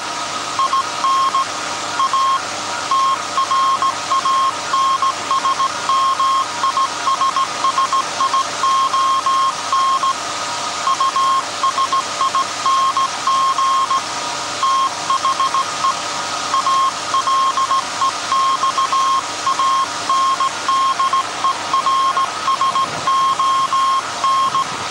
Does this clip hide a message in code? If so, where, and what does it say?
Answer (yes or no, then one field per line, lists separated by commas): yes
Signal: Morse code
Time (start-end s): 0.6-24.6 s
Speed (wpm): 17 wpm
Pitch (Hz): 1070 Hz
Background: none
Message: IN A TRANSMISSION USING THE ALEXANDERSON